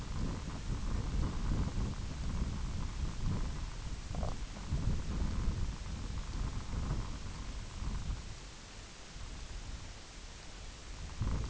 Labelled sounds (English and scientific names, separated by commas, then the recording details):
none
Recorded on Arctic tundra, site IGLO-F, on 22 June 2018
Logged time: 04:00